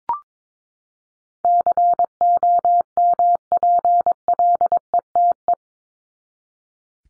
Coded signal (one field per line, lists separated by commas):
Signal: Morse code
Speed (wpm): 22 wpm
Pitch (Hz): 700 Hz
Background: none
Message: COMPLETE